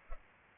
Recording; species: mosquito wingbeat signal from an infrared sensor; Culex pipiens